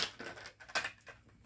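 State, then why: Not seated. A motorcycle helmet component, the visor or liner latch, is pushed back down toward the helmet shell while a Bluetooth unit is being fitted, producing a few short plastic handling knocks and taps around 0.2, 0.7 and 0.8 seconds. The part fails to lock back into place, and nothing has clicked or seated yet.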